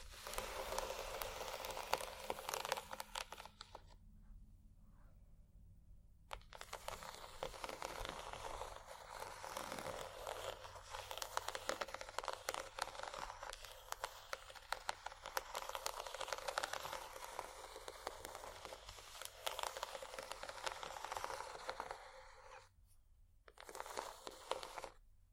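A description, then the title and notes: Textured, bumpy objects scratch and rub against each other in a dense, continuous rasp with many small crackling clicks. The scraping pauses briefly around four to six seconds and again near twenty-three seconds, leaving only a low steady hum underneath. ASMR Bumpy Textured Items Scratching（No Talking）.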